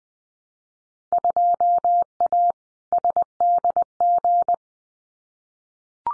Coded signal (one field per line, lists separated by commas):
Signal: Morse code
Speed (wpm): 20 wpm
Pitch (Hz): 700 Hz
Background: none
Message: 2A SDG